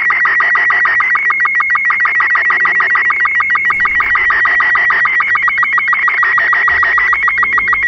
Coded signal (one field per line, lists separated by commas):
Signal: SSTV (slow-scan television)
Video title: Portal 2: Developer Commentary SSTV decoded (turn down your volume)